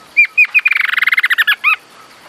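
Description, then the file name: Bird calling, two sharp downslurred notes, then a fast even trill of clipped notes that slows into a final slurred note. "SABIOD"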